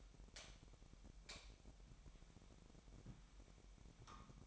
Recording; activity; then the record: daily activity, microphone in the room; light on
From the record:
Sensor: 1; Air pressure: 1012.0 hPa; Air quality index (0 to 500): 234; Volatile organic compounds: 6 ppm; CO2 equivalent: 1870 ppm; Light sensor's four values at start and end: 12/30/12/14 and 16/45/18/20